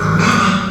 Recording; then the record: squeal of a Yucatan mini pig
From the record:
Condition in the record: after surgery on the right vocal fold (resection and tissue-engineered implant); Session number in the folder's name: 15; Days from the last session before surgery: 175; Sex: female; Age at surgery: 19 weeks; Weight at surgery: 25 kg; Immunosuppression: prednisolone